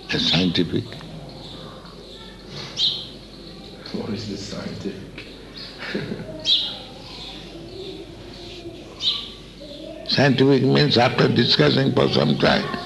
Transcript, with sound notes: as scientific.
What is this scientific? [laughs]
Scientific means after discussing for some time